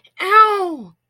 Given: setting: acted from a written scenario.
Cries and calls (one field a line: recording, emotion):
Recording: vocal sound without words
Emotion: pain